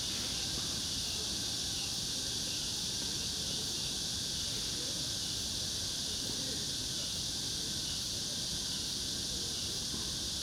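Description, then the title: Cicada chorus: a dense, continuous shrill hiss held at an even level throughout, over a soft low background rumble. Recorded in summer at Yangjae Citizens Forest, Seocho-gu, Seoul, South Korea. "대한민국 서울특별시 서초구 양재2동 235-1-Yangjae Citizens Forest, Summer, Cicada"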